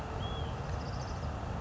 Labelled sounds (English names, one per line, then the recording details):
Hutton's Vireo
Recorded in Sonoma County, California